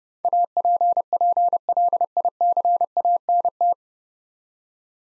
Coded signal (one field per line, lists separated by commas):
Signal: Morse code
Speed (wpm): 31 wpm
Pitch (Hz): 700 Hz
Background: none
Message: APPLICANT